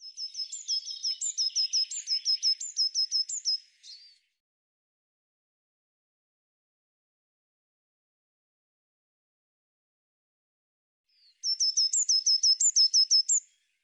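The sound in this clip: Eurasian blue tit giving a fast run of thin, high notes with occasional rising inflections, silence, then a shorter second burst of the same notes.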